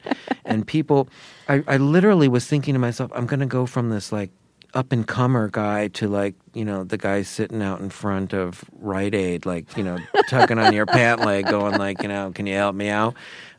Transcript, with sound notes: And people - I literally was thinking to myself, I'm going to go from this, like, up-and-comer guy to, like, you know, the guy sitting out in front of Rite Aid, like, you know...
(Laughter).
...Tugging on your pant leg, going like, you know, can you help me out,